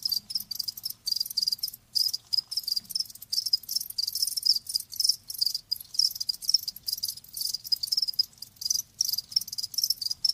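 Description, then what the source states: Cricket chorus of dense, high-pitched pulsing chirps running almost continuously, broken by a few brief gaps. Live crickets chirping; presented as lulling sleep sounds.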